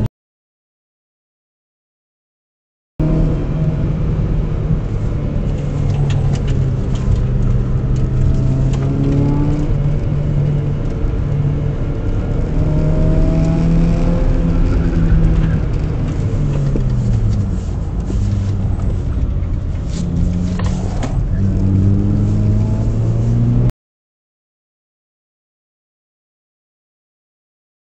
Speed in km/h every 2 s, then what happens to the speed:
61, 61, 56, 42, 55, 60, 65, 56, 42, 29, 38, 56, 48, 45.
2-7 brakes to 42. 7-12 speeds up to 65. 12-17 brakes to 29. 17-22 speeds up to 56. 23-25 brakes to 45.